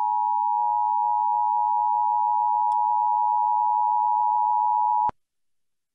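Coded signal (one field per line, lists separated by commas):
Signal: Emergency Alert System (SAME) tones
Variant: 853 and 960 Hz attention tone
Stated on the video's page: EAS test of Vermont's AMBER Alert child abduction network.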